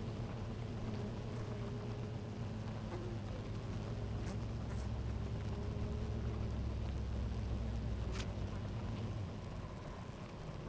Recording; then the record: honeybee colony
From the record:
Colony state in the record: active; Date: 28 July 2017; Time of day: 11:28